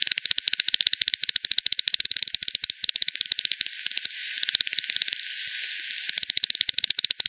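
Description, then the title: Bat calls as a loud, buzzy stream of rapid clicks, easing into a hissy lull midway, then a fast run of pulses again. Multiple bats at Hogsmill River, Hogsmill Lane, 7 October 2020 at 18:10; recording frequency-divided (FD10), band-pass filtered and resampled. "WW bat 20201007 T 18 : 10 Z-Hogsmill-Lane-Hogsmill-River-multiple-bats"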